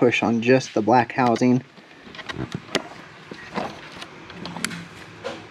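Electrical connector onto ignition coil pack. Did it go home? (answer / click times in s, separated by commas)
yes / 2.8 s, 4.7 s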